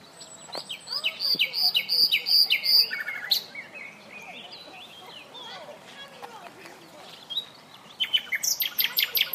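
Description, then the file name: Common nightingale: songbird phrases with loud repeated high notes, sliding whistles and varied twitters, ending in a fast run of sharp high notes, against steady background noise. "Luscinia megarhynchos"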